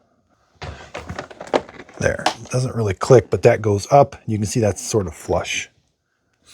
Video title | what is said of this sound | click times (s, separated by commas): Shark Vertex DuoClean AZ2001AMZ Review — Big Power, Big Dust Bin! | Push this in until it clicks there. Doesn't really click, | none